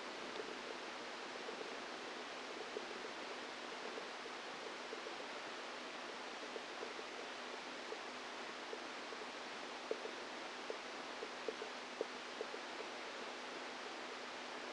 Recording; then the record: brain microelectrode recording played as sound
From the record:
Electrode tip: outside the subthalamic nucleus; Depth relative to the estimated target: 2 mm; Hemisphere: right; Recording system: NeuroSet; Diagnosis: Parkinson's disease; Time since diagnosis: 10 years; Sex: female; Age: 45 years